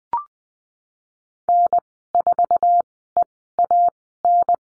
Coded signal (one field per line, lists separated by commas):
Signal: Morse code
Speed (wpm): 20 wpm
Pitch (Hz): 700 Hz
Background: none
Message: N4EAN